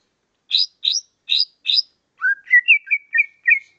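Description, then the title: Leafbird song: four sharp, high chirps evenly spaced, followed by a short string of lower, clear whistled notes, with nothing else audible. "CUCAK IJO"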